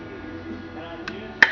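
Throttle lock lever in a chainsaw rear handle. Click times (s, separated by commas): 1.4 s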